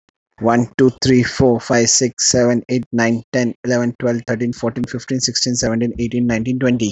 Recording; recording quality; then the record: counting at a fast pace; excellent, no background noise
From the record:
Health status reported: exposed to COVID-19, no respiratory illness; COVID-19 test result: negative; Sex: male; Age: 32 years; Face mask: worn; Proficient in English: yes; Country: India